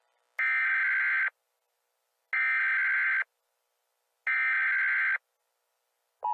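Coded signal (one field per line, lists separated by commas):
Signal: Emergency Alert System (SAME) tones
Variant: header bursts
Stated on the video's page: Fictional EAS scenario, a simulated alert.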